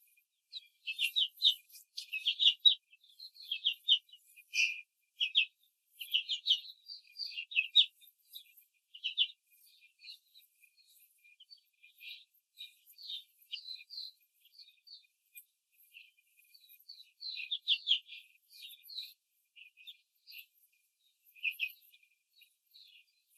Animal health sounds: young laying hens in a cage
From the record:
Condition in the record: control cage, before the stress test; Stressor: none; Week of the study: 4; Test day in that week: 1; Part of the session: 1

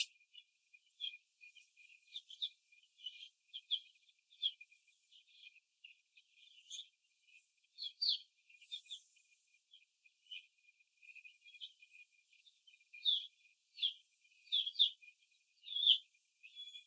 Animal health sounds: young laying hens in a cage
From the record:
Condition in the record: after the stressor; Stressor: simulated dog barking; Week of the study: 2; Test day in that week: 2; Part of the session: 2

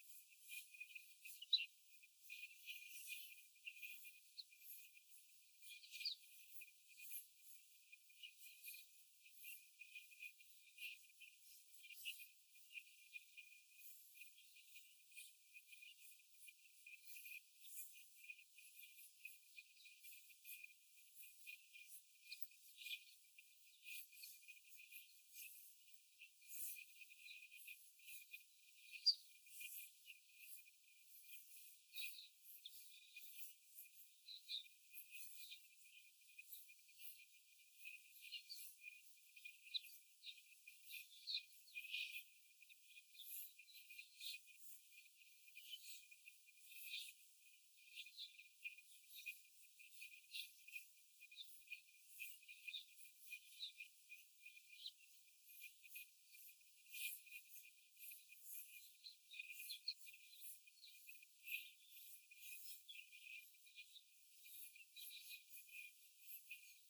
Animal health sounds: young laying hens in a cage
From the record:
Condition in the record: before the stressor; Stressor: simulated dog barking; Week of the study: 4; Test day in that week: 1

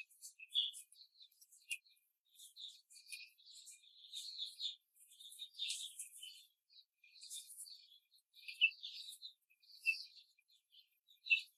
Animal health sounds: young laying hens in a cage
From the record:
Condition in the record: control cage, before the stress test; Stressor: none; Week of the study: 4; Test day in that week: 3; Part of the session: 1

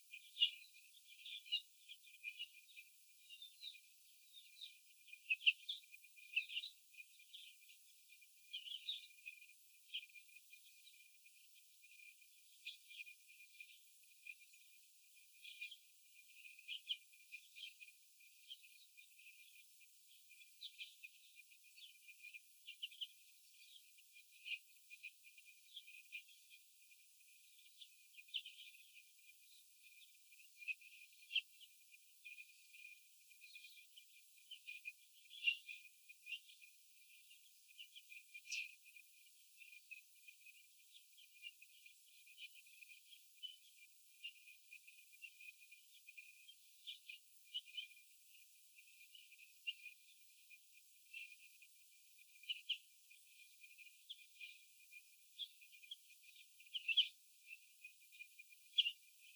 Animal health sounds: young laying hens in a cage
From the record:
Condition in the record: after the stressor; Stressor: sudden umbrella opening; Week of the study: 2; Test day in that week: 1

